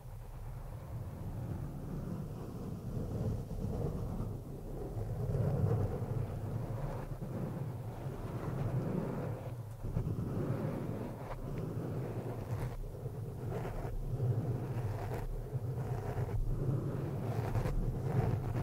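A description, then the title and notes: Scratching on a microphone fills the clip with a continuous, low rumbling rub, thick in the bass with a muffled, scraping texture. Brief brighter scrapes and clicks cut through irregularly, clustering toward the second half. No voices are heard. ASMR PURE SCRATCHING ON THE MICROPHONE NO TALKING.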